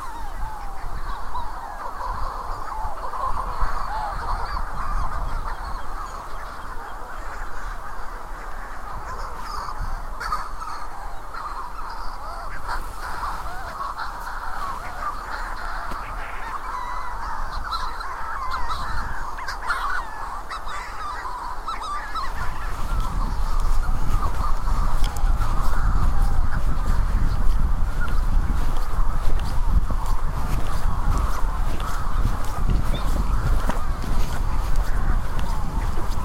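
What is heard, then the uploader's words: Manx Shearwaters call in a dense, overlapping chorus of harsh, crowing cries that carry on without pause. Around the twenty-two second mark a low, rough rumble swells beneath the birds, and the whole sound grows louder and fuller through the end. Counting Manx Shearwaters on Skomer Island, Wales, in June 2018.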